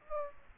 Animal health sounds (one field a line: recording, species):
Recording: mosquito wingbeat signal from an infrared sensor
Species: Aedes aegypti